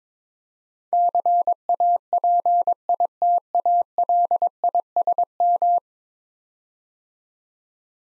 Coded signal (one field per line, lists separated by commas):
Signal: Morse code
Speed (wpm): 23 wpm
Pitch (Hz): 700 Hz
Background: none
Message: CAPITALISM